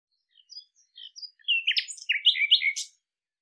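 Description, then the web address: Bird song of scattered high thin notes building into a jumble of quick, varied chirps and slurred whistles that sweep up and down, on a silent background. "cianscape birddata Deverinetal 2025 Bird Lu Me Lu Me"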